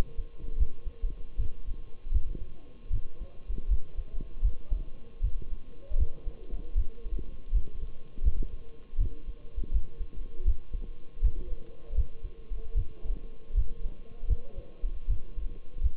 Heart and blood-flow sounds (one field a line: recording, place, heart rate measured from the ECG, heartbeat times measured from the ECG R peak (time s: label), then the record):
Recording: heart sounds by stethoscope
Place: between the tricuspid and mitral areas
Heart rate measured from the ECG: 79 bpm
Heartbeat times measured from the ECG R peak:
0.59 s: heartbeat
1.39 s: heartbeat
2.13 s: heartbeat
2.92 s: heartbeat
3.70 s: heartbeat
4.44 s: heartbeat
5.23 s: heartbeat
5.99 s: heartbeat
6.77 s: heartbeat
7.54 s: heartbeat
8.24 s: heartbeat
8.99 s: heartbeat
9.73 s: heartbeat
10.47 s: heartbeat
11.23 s: heartbeat
11.97 s: heartbeat
12.76 s: heartbeat
13.56 s: heartbeat
14.29 s: heartbeat
15.09 s: heartbeat
15.83 s: heartbeat
From the record:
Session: Bruce protocol treadmill stress test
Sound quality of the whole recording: partially saturated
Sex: male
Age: 23 years